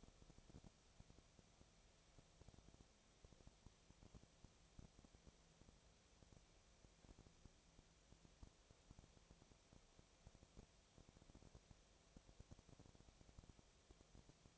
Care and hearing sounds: daily activity, microphone in the room; no activity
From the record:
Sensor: 1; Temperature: 19.6 degrees Celsius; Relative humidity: 36.5%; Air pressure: 996.9 hPa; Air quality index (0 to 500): 204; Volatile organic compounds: 129 ppm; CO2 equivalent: 3921 ppm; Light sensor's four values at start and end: 1/2/1/1 and 1/2/1/1

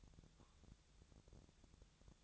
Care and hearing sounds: daily activity, microphone in the room; take from stove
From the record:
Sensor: 3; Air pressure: 999.3 hPa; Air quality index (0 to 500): 198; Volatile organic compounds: 45 ppm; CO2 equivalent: 3229 ppm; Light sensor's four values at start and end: 7/17/7/6 and 7/17/7/6

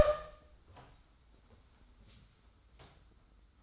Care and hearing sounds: daily activity, microphone in the room; open door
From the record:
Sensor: 3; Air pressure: 991.5 hPa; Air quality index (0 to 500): 151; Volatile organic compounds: 559 ppm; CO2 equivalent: 4893 ppm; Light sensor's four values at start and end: 46/127/51/45 and 46/127/51/45

